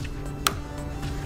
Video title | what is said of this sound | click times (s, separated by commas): MERCEDES W208 CLK TRUNK LOCK REMOVAL REPLACEMENT CLK320 CLK430 CLK200 CLK230 | it needs to come on this side and just push it in until it clicks. | 0.5 s